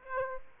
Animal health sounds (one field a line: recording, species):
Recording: mosquito wingbeat signal from an infrared sensor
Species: Aedes aegypti